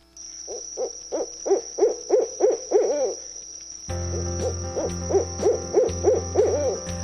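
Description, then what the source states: Barred owl hooting: two rapid bouts of several rising-falling hoots, over a steady high tone and low hum. Played as a radio segment intro; nicknamed laughing owl or eight-hooter for its eight distinct hoots and calls; non-migratory.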